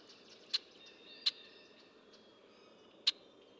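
Red-winged blackbird giving three sharp clicking notes, unevenly spaced, over faint background sounds.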